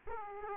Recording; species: mosquito wingbeat signal from an infrared sensor; Aedes aegypti